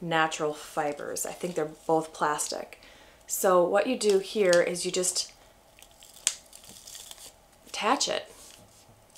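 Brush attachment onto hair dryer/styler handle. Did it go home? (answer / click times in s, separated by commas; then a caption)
yes / 6.3 s. A plastic brush attachment is pushed onto a Shark FlexStyle hair styler handle while someone talks. A few small handling sounds come before a sharp click at 6.3 seconds as the attachment locks onto the handle. Then the talking resumes.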